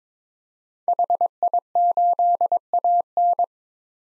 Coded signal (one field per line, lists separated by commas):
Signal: Morse code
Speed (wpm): 22 wpm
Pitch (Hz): 700 Hz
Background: none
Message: HI8AN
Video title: 2023 POTA Activator Call Signs - 22wpm